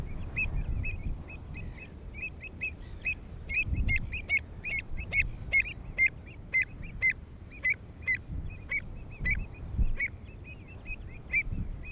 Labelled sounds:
Pied Avocet (Recurvirostra avosetta) call
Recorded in the wild
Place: Landow, Insel Rügen, Mecklenburg-Vorpommern, DE
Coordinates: 54.404, 13.263
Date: 1969-06-29
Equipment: Nagra III BH, Sennheiser MD 421, parabola
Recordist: Schubert, Michael

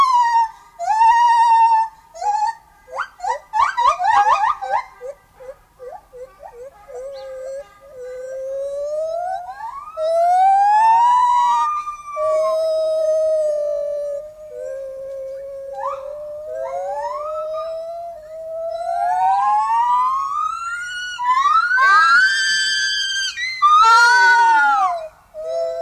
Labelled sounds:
Lar Gibbon (Hylobates lar) song
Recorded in captivity
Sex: diverse
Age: diverse
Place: Zoo Osnabrück, Niedersachsen, DE
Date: 1991-09-09 10:04
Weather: overcast, 13°C
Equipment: Marantz CP 430, Kopie Tesla B 116
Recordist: Tembrock, Günter

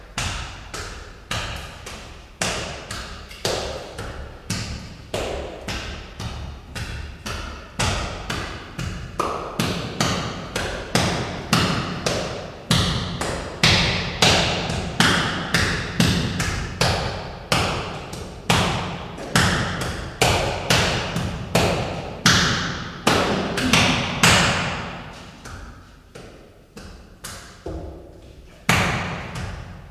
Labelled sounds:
Chimpanzee (Pan troglodytes) call
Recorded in captivity
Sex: male
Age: adult
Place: Zoo Dresden, Sachsen, DE
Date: 1969-02-09 14:00
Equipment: Uher 4200 Report Stereo, Sennheiser MD 421
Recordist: Tembrock, Günter

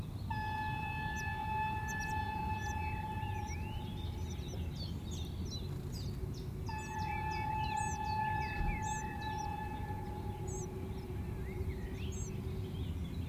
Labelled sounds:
Willow Warbler (Phylloscopus trochilus)
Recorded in the wild
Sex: female
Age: diverse
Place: Lichtenbergerhöhe, Tübingen, Baden-Württemberg, DE
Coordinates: 48.5147, 9.03611
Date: 1967-06-26 11:18
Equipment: Nagra III PH, MD 421, LGS26
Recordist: Schneider, Hans-Joachim
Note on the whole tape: Aufnahmen an einem Nest (15-30 m von der Aussichtsplattform): Sperr- und Bettellaute der Jungen (3 Tage alt) und Fütterlaute des Weibchens, Aufnahmen bis 12.20 Uhr. Auch Aufnahmen vom 27.06.1967 um 04:15 Uhr vom gleichen Nest

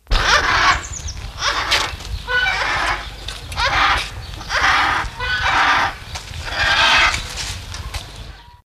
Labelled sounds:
Griffon Vulture (Gyps fulvus) call
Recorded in captivity
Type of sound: call
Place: Zoo Osnabrück, Niedersachsen, DE
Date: 1974-03-14
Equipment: Halbspur, 9,5 cm/s
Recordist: Lütgens, Hans
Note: Rufe eines Paares

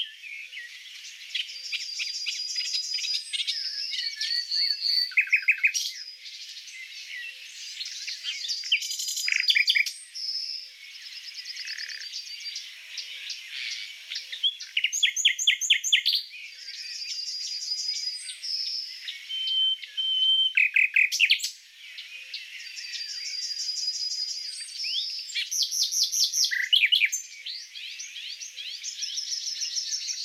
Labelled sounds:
Common Nightingale (Luscinia megarhynchos) song
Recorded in the wild
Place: Waltershofen / Freiburg im Breisgau, Baden-Württemberg, DE
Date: 2006-06-04
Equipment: MiniDisc Sharp MT 20 H
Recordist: Schwarz, Dieter
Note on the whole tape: Song

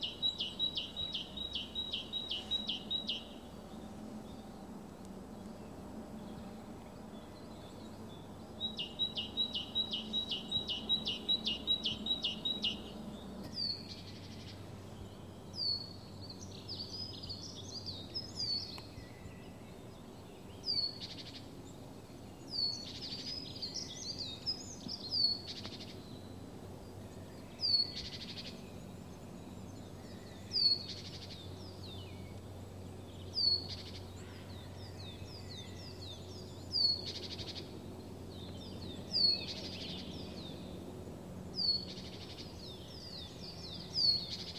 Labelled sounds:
Great Tit (Parus major)
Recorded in the wild
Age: adult
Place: Villach, Kärnten, AT
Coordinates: 46.591, 13.824
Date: 1971-04-20
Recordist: Brunner, Thomas

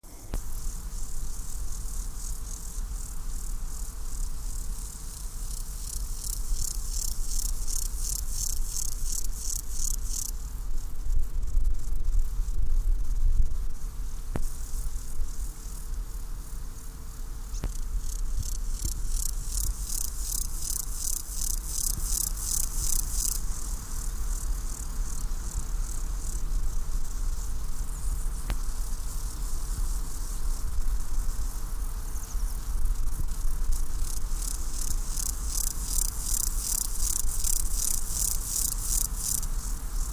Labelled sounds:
Water-meadow Grasshopper (Chorthippus montanus) stridulation
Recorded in the wild
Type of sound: stridulation
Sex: male
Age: imago
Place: Mühlenbeck, Brandenburg, DE
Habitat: Feuchtwiese
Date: 1997-08-31 15:36
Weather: 24°C, heiter (Wolkenschatten)
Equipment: Sony MD-WM MZ-R3, Sennheiser ME 80, K 30 AV, Kopie Uher 4000 Report Monitor
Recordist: Tembrock, Günter
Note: Stridulation bei Wolkenschatten. Feuchte Waldwiese bei Summt

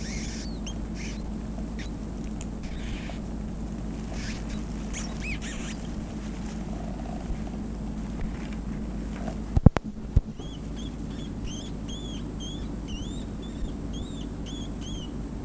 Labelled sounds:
Brown Rat (Rattus norvegicus) call
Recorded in captivity
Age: juvenile
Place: Zoologisches Institut der HUB, Berlin, DE
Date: 1965-08-06 16:45
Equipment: R 21, Kondensatormikro M 21a
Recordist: TSA

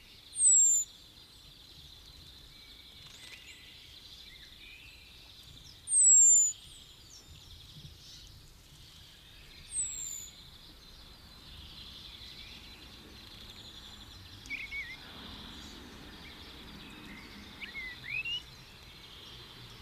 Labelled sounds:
Common Blackbird (Turdus merula) call
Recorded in the wild
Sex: male
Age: adult
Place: Garmisch-Partenkirchen, Bayern, DE
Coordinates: 47.4936, 11.0792
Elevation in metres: 703
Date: 1969-04-13
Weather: Schneefall
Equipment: Uher 4000 Report
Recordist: Tretzel, Erwin

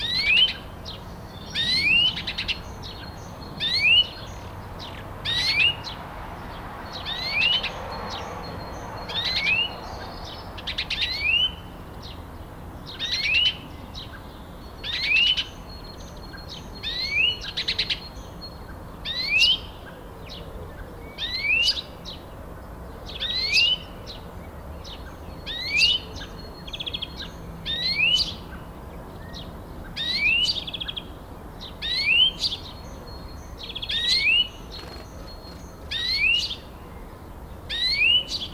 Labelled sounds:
European Greenfinch (Chloris chloris) call
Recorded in the wild
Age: adult
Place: Zepernick, Barnim, Brandenburg, DE
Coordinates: 52.6497, 13.5435
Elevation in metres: 75
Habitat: garden
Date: 2014-04-21 07:45
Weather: sunny, 10°C, weak winds
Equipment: Sound Devices 702, Sennheiser MKH 70, Rycote Windschutz
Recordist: Frommolt, Karl-Heinz

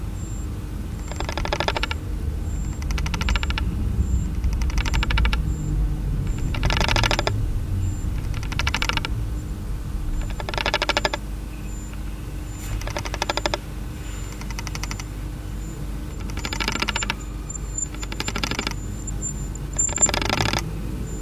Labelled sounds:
Death-watch Beetle (Xestobium rufovillosum)
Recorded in captivity
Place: Zoologisches Institut der HUB, Berlin, DE
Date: 1969-05-13 19:50
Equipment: Uher 4200 Report Stereo, Sennheiser MD 421, Vorverstärker
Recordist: Tembrock, Günter

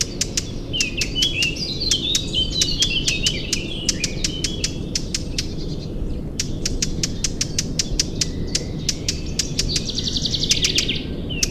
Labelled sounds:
Eurasian Blackcap (Sylvia atricapilla) alarm call
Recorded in the wild
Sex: male
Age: adult
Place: Schönow, Naturpark Barnim, Brandenburg, DE
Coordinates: 52.6931, 13.5403
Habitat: forest
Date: 2006-06-11
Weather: fair, 15°C, no wind
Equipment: Marantz PMD 660, Sennheiser ME 66, K6P
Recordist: Frommolt, Karl-Heinz

